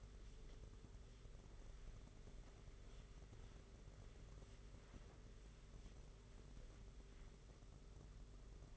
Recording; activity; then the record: daily activity, microphone in the room; wipe stove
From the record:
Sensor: 4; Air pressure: 992.3 hPa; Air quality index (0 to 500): 110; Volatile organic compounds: 19 ppm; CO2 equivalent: 2646 ppm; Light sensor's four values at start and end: 22/76/28/29 and 22/76/28/29